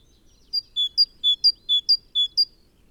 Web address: SETE data Parus major